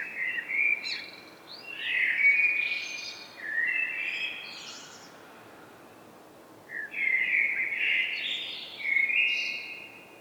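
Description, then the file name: Eurasian blackbird singing two separate phrases, each a rich mellow warble with thin high twittering notes, with a pause between them. "Turdus merula"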